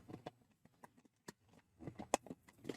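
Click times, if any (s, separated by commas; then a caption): 2.1 s. A plastic part from a Bandai 1:2 scale BB-8 model kit is pressed onto the droid's head shell assembly. A few light taps and rustles lead up to a sharp, loud snap at 2.1 s as the part seats firmly in place.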